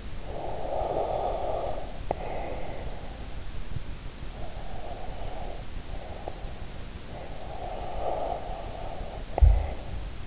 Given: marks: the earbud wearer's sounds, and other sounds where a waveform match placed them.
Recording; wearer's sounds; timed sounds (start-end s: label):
sounds in sleep by an in-ear microphone; breath, snoring breath
0.00-3.25 s: breath
4.12-6.80 s: breath
7.08-10.27 s: snoring breath